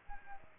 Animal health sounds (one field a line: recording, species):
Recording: mosquito wingbeat signal from an infrared sensor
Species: Aedes aegypti